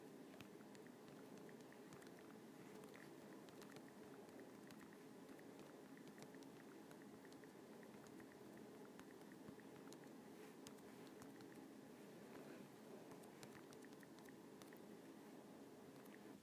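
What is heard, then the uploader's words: Fingers tap an iPad screen in quick, irregular bursts of small sharp clicks over a steady, dense hiss that never lets up. IPad Screen Tapping.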